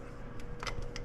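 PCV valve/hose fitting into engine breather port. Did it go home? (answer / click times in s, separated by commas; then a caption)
no / none. A lubricated PCV valve or hose fitting is being handled near its breather port on a Porsche Macan (95B.1) engine. Only faint handling rustles and small taps are heard over a low steady hum, with a brief tick at 1.0 s. Nothing has seated or clicked yet.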